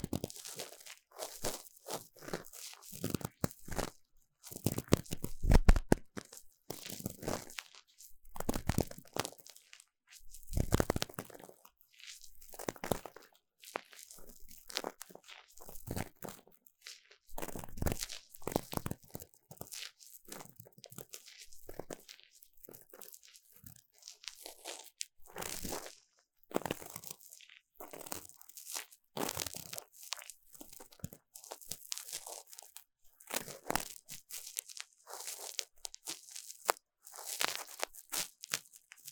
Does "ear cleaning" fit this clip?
yes